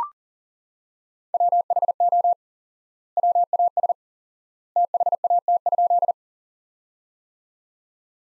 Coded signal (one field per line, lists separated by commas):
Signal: Morse code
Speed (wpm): 40 wpm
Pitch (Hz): 700 Hz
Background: none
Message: WHO WAS THAT?